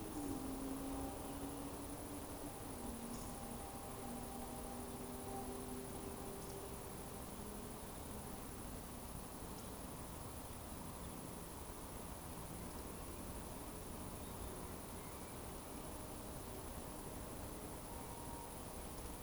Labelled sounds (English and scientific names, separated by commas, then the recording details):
Eurasian Woodcock (Scolopax rusticola) whistle
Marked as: whistle, whistle, whistle, whistle, whistle, whistle
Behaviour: display flight
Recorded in Baden-Württemberg, Germany, on 25 June 2020 at 19:44 UTC
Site 24578, 122 m above sea level